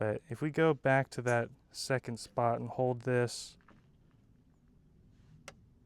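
Someone talks for the first few seconds while a click-type torque wrench is held at its second load position under a cinderblock weight. Afterwards it is mostly quiet, with faint brief sounds near 3.7 s and a sharper one near 5.5 s. The wrench has not clicked.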